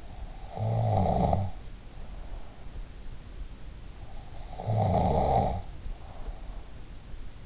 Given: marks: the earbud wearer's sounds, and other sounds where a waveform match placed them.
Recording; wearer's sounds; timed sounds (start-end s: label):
sounds in sleep by an in-ear microphone; snoring breath
0.00-3.20 s: snoring breath
4.00-6.96 s: snoring breath